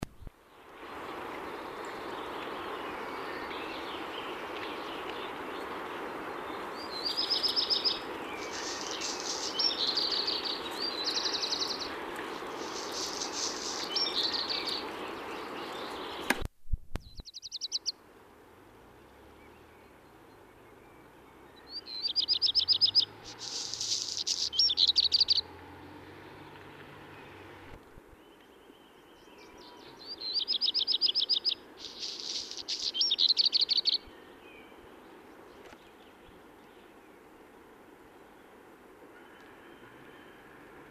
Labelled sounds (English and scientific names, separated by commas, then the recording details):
Black Redstart (Phoenicurus ochruros) song
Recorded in the wild
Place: Oberstdorf, Bayern, DE
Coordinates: 47.38, 10.2969
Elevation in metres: 881
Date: 1976-04-02
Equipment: Nagra IV, Sennheiser MKH 405, Parabolreflektor
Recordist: Tretzel, Erwin